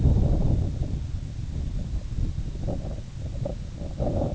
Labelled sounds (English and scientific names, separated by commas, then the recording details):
none
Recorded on Arctic tundra, site IGLO-A, on 19 June 2018
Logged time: 03:59